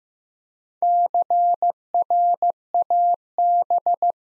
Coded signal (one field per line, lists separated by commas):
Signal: Morse code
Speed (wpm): 15 wpm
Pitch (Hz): 700 Hz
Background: none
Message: CRAB